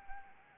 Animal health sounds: mosquito wingbeat signal from an infrared sensor; Anopheles arabiensis

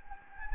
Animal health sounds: mosquito wingbeat signal from an infrared sensor; Anopheles gambiae

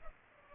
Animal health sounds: mosquito wingbeat signal from an infrared sensor; Culex pipiens

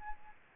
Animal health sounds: mosquito wingbeat signal from an infrared sensor; Aedes albopictus

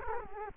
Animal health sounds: mosquito wingbeat signal from an infrared sensor; Culex quinquefasciatus

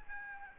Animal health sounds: mosquito wingbeat signal from an infrared sensor; Aedes albopictus

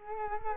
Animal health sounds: mosquito wingbeat signal from an infrared sensor; Culex quinquefasciatus

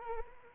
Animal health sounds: mosquito wingbeat signal from an infrared sensor; Anopheles arabiensis

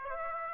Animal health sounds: mosquito wingbeat signal from an infrared sensor; Aedes aegypti

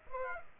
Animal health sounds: mosquito wingbeat signal from an infrared sensor; Aedes aegypti

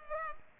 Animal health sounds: mosquito wingbeat signal from an infrared sensor; Culex pipiens

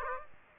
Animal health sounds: mosquito wingbeat signal from an infrared sensor; Aedes aegypti

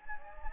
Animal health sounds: mosquito wingbeat signal from an infrared sensor; Anopheles gambiae

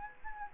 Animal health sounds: mosquito wingbeat signal from an infrared sensor; Anopheles gambiae

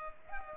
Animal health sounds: mosquito wingbeat signal from an infrared sensor; Culex pipiens

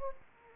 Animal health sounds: mosquito wingbeat signal from an infrared sensor; Anopheles gambiae

